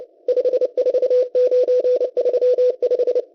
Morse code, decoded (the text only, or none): 54935